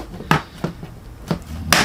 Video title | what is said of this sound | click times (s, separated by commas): ASUS TUFF Gaming FX706H Display Swap | it all snap back in | 0.3 s, 1.7 s